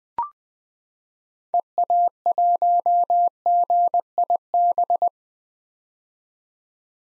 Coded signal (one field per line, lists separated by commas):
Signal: Morse code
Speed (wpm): 20 wpm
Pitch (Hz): 700 Hz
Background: none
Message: EA1GIB